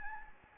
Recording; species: mosquito wingbeat signal from an infrared sensor; Anopheles gambiae